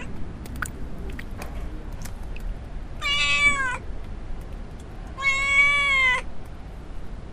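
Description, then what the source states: Domestic cat giving two long meows about two seconds apart, each near a second long, over low background noise. Little cat meowing, field recording in the village of Alvoco das Várzeas, Oliveira do Hospital, Portugal, at the braçal.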